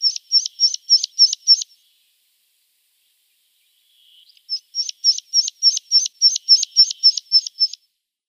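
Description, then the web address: Meadow pipit song: a brief run of high, repeated notes, a few seconds of silence, then a longer series of the same quick, sharp notes. "Schulze Peter Meadow Pipit"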